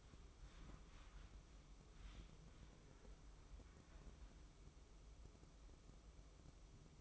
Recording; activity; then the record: daily activity, microphone in the room; wipe stove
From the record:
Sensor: 1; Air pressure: 996.1 hPa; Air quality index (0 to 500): 72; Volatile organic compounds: 3 ppm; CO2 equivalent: 1511 ppm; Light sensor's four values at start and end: 28/100/38/39 and 28/100/38/39